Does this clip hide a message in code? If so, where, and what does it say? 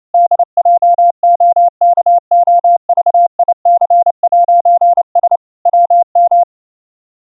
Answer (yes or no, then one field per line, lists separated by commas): yes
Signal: Morse code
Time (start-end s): 0.1-6.4 s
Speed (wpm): 28 wpm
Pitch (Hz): 700 Hz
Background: none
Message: DJOKOVIC'S WM